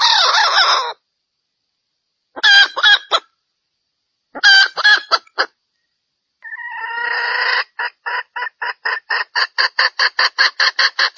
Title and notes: Panggilan Ayam Hutan Betina. Cukup dua menit dengan suara ayam hutan betina bikin point puluhan pejantan. Pemikat Ayam Hutan